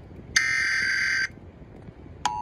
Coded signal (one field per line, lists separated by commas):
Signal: Emergency Alert System (SAME) tones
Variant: header bursts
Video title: WHAT KIND OF VOICE IS THIS?! | New Jersey Required Monthly Test on NJTV (March 15, 2022) (EAS #387)